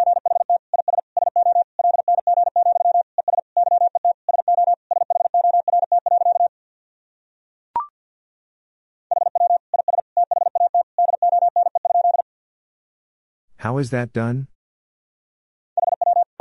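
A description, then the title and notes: Morse code is tapped out as a steady mid-pitched tone broken into quick dots and dashes, in bursts separated by silent gaps. A sharp click lands near eight seconds, and a short spoken or sung sound interrupts around fourteen seconds before the beeping resumes. Sentences from Top 500 Words and Abbreviations 50wpm. First, the words and abbreviations are sent in Morse code. Then it is spoken.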